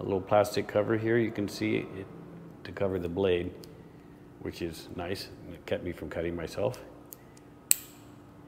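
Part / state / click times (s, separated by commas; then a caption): folding blade locking into open position in pocket knife handle / seated / 7.7 s. Someone talks about a small folding pocket razor/box-cutter knife that has a little plastic cover for the blade, then opens it. The blade locks into the open position in the handle with a sharp, loud click at 7.7 s, after two faint ticks just before. The lock is solid.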